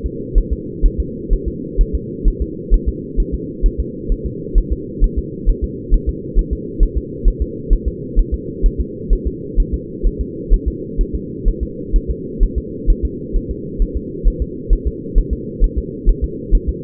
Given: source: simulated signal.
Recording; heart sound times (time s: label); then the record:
fetal heart sounds
0.06 s: S2
0.38 s: S1
0.53 s: S2
0.86 s: S1
1.00 s: S2
1.33 s: S1
1.48 s: S2
1.81 s: S1
1.95 s: S2
2.28 s: S1
2.42 s: S2
2.74 s: S1
2.89 s: S2
3.20 s: S1
3.34 s: S2
3.66 s: S1
3.80 s: S2
4.12 s: S1
4.26 s: S2
4.58 s: S1
4.72 s: S2
5.04 s: S1
5.19 s: S2
5.49 s: S1
5.64 s: S2
5.94 s: S1
6.09 s: S2
6.39 s: S1
6.53 s: S2
6.83 s: S1
6.97 s: S2
7.28 s: S1
7.42 s: S2
7.73 s: S1
7.88 s: S2
8.19 s: S1
8.34 s: S2
8.66 s: S1
8.81 s: S2
9.13 s: S1
9.27 s: S2
9.60 s: S1
9.74 s: S2
10.07 s: S1
10.21 s: S2
10.54 s: S1
10.68 s: S2
11.01 s: S1
11.15 s: S2
11.48 s: S1
11.63 s: S2
11.96 s: S1
12.10 s: S2
12.43 s: S1
12.58 s: S2
12.90 s: S1
13.05 s: S2
13.37 s: S1
13.51 s: S2
13.82 s: S1
13.97 s: S2
14.28 s: S1
14.42 s: S2
14.73 s: S1
14.87 s: S2
15.18 s: S1
15.33 s: S2
15.64 s: S1
15.78 s: S2
16.09 s: S1
16.24 s: S2
16.55 s: S1
16.69 s: S2
From the record:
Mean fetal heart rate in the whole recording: 130 bpm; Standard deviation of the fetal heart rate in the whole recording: 2 bpm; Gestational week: 38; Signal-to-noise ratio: -4.1 dB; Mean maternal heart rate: no maternal heart sound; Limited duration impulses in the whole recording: absent